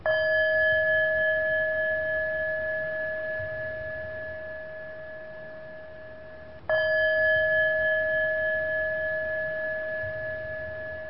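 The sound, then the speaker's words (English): A meditation bell is struck twice, about seven seconds apart, at the close of a loving-kindness meditation, each strike a bright, clear tone with shimmering overtones that rings out and slowly fades. No voices are heard. “With this intention of loving kindness, you may open your eyes with the sound of the bell.”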